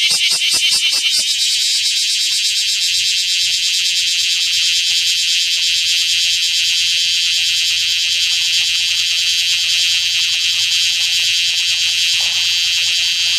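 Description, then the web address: Bear cicada song, opening with a few rapid harsh pulses that merge into a continuous loud, high buzzing drone held for the rest. "sikioto insect kumazemi"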